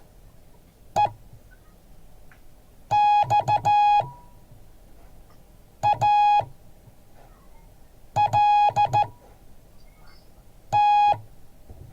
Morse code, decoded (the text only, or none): EXALT